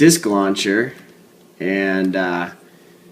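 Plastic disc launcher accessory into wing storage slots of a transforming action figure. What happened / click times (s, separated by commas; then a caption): Handled, not yet home: a small plastic part has not clicked into place / none. A plastic disc launcher accessory is handled and brought toward the wing storage slots of a transforming action figure while someone talks. Nothing has seated or clicked yet in this clip.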